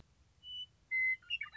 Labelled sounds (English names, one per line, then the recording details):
Western Meadowlark
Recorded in Sonoma County, California